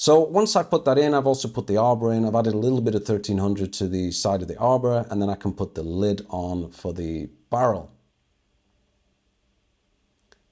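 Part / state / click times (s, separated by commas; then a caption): barrel cover into watch mainspring barrel / seated / 10.2 s, 10.3 s. Someone talks for about eight seconds, then falls silent while the small metal cover of the mainspring barrel of a vintage Seiko 8305-1010 watch movement is pressed down with tweezers. Two faint, sharp ticks follow at 10.2 s and 10.3 s as the barrel lid snaps home and is seated.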